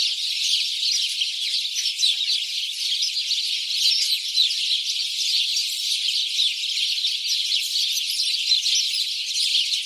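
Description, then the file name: House sparrow chatter, a dense unbroken mass of high chirps from many birds calling at once. "Passer domesticus"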